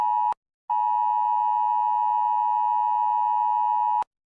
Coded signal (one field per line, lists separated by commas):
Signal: Emergency Alert System (SAME) tones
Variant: 853 and 960 Hz attention tone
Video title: Super Evil Kaos: A Peaceful Arrival Gone Wrong | A BBC EAS Scenario